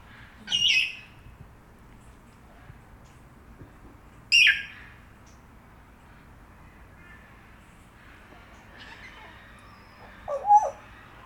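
Grey parrot calls: two sharp squawks, then a faint softer sound and a final short call, over a low background hum.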